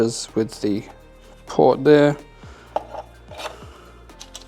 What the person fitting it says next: now that plug's connected you do hear an audible click when you get it in